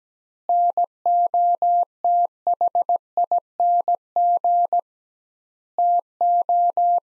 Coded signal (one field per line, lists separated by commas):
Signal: Morse code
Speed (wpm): 17 wpm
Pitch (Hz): 700 Hz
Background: none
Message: NOTHING TO